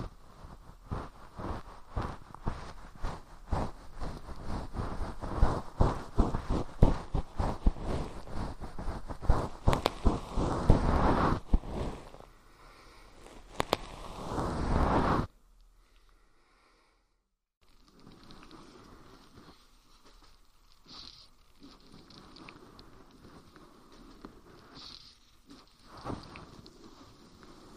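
Ear cleaning with a fluffy tip: for the first fifteen seconds, dense, fast crackling and scratching rubs against the ear, loud and uneven. After a brief silence, softer, quieter brushing continues, with a couple of brighter swishes around 21 and 25 seconds.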